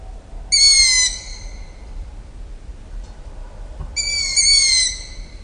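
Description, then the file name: Long-eared owl chick gives two high, squeaky calls about three and a half seconds apart, each under about a second long. "ZHivye zvuki prirody - Zov ptencov sovy ushastoj"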